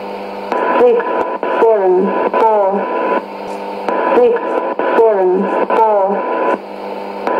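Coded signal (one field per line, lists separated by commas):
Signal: numbers station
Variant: E17z English Lady, English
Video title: 09 02 2017 Numbers station E17z English Lady in English to Eu 0810 on 9820 in CUSB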